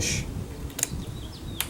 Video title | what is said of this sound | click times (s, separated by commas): Replace 2002-2006 Honda CR V Power Window Regulator, How to Change Install 2003 2004 2005 | right in. Snaps right into place there. | 0.8 s, 1.6 s